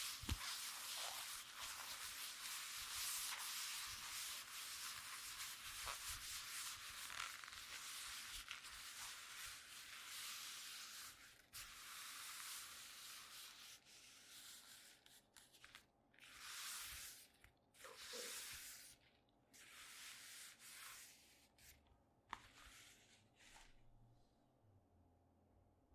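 Leather gloves rub in a dense, hissy scraping that thins after about fifteen seconds into separate bursts with a low steady hum beneath.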